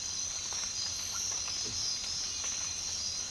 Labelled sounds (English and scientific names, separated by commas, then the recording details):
none
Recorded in dense forest near Puerto Asís, Putumayo, Colombia, on 19 March 2025 at 05:00
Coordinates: 0.484, -76.317
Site G064